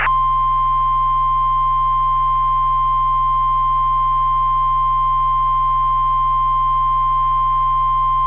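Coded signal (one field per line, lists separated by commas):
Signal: Emergency Alert System (SAME) tones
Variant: 1050 Hz attention tone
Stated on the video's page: Requested mock alert, not a real activation, made with an EAS kit that runs in Keynote on macOS.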